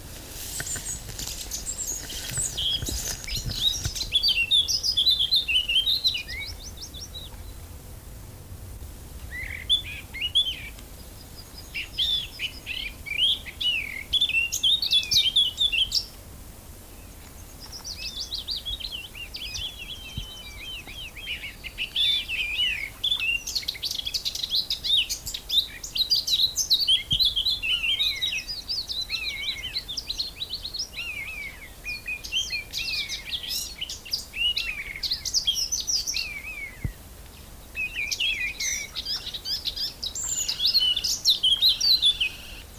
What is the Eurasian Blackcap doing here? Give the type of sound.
song